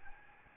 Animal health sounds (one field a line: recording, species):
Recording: mosquito wingbeat signal from an infrared sensor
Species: Aedes albopictus